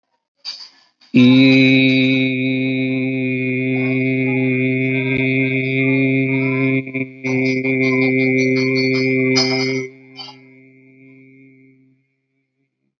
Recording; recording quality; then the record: sustained vowel as in beet; excellent, no background noise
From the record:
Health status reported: healthy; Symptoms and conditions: none ticked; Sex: male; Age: 41 years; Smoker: not ticked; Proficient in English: yes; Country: India